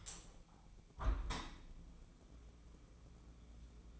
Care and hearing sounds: daily activity, microphone in the room; open window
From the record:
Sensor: 1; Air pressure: 1012.4 hPa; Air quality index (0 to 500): 168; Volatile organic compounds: 3 ppm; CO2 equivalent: 1367 ppm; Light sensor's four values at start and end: 153/342/151/159 and 149/334/147/155

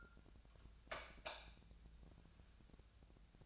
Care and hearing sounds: daily activity, microphone in the room; light off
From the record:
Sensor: 2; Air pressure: 999.8 hPa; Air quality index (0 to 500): 116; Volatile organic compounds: 2 ppm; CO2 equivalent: 1005 ppm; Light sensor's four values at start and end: 41/109/46/51 and 36/92/39/44

